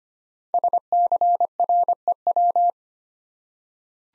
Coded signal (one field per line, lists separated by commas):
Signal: Morse code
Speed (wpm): 25 wpm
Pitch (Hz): 700 Hz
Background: none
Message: SCREW